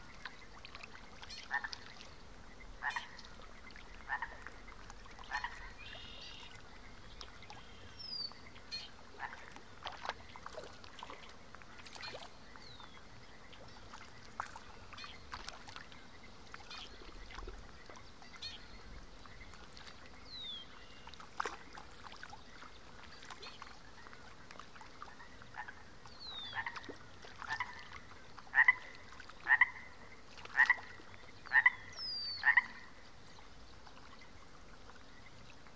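A quiet mountain lake in spring, with a soft, steady hiss under scattered short chirps and clicks throughout. Brief bird calls with downward-sliding notes come every few seconds, and near the end a run of five sharp, bright pips repeats evenly.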